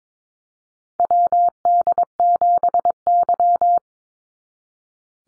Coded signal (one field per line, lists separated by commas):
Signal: Morse code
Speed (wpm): 22 wpm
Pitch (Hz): 700 Hz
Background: none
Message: WD7Y